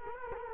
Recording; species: mosquito wingbeat signal from an infrared sensor; Culex quinquefasciatus